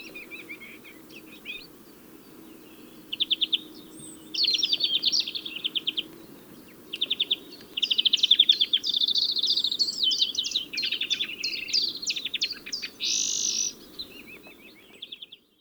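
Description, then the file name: European greenfinch song of repeated rattling trills and twittering phrases, growing busier midway, with a brief wheezy note near the end. "Chloris chloris"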